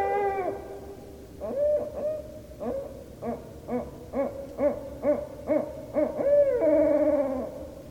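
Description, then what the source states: Barred owl hooting: a falling opening note, then a rhythmic run of many short hoots, ending in a longer drawn-out note. Recorded 13 November 2012.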